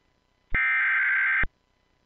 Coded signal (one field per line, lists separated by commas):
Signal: Emergency Alert System (SAME) tones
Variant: header bursts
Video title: EAS - Contra Costa, CA Tornado Warning (Recreation)